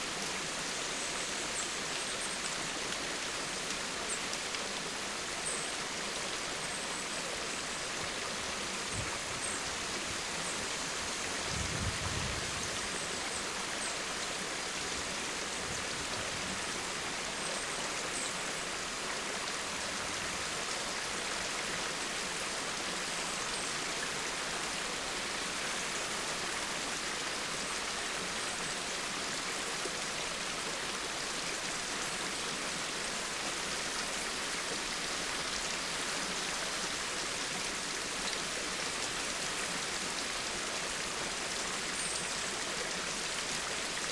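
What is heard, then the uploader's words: Rain falls in the forest as a dense, steady hiss that holds evenly for the whole stretch, bright and full with little low rumble. Around ten to thirteen seconds a few brief low thumps sound beneath the rain, then it carries on unchanged. Rain in the forest.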